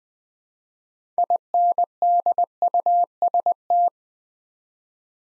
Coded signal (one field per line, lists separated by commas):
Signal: Morse code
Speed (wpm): 20 wpm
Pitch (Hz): 700 Hz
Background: none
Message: INDUST